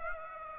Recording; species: mosquito wingbeat signal from an infrared sensor; Aedes aegypti